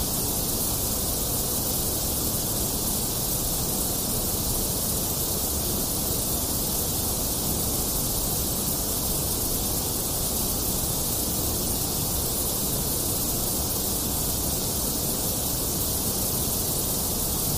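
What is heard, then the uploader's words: Steady white noise hisses without a break, a dense, even rush that fills the lows and the bright top alike. A slight dip sits in the upper middle, giving it a faintly hollow tone. Nothing changes over the whole length; no other sounds appear. White Noise Sounds.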